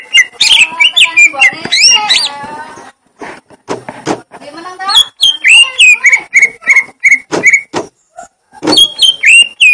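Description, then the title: Leafbird song starting with a tangle of twitters and buzzes, followed by a run of repeated bright whistles and sporadic clicks. Song of the gledek (thunder) style. "Cucak Ijo Suara Gledek"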